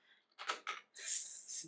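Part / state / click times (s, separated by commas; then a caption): toy trailer hitch onto mini RC truck / not seated / none. Someone tries to latch the hitch of a small plastic toy trailer onto the back of a 1/64 scale mini RC truck, one of a BRRRRT construction trio. Two light knocks land at about 0.5 and 0.7 s, followed by a longer hissy scraping rustle from about 1.0 s. The hitch fails to latch, and nothing has clicked into place yet.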